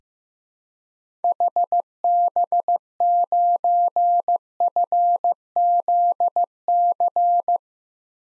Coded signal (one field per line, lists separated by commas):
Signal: Morse code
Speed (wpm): 15 wpm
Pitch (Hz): 700 Hz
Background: none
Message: HB9FZC